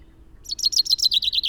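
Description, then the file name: Common chaffinch giving the opening of its song, a quick series of high, clear repeated notes. "Fringilla coelebs"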